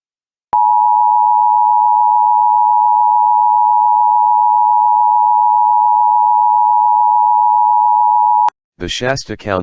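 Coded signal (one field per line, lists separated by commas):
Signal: Emergency Alert System (SAME) tones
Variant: 853 and 960 Hz attention tone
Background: speech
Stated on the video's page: Fire warning and immediate evacuation alert for Fresno, California (Shasta County).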